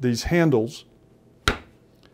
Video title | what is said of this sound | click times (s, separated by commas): A mini-lesson about PEX crimping - Intro to Plumbing Series | and when you hear the snap that is that ring clamping down and making that seal | 1.5 s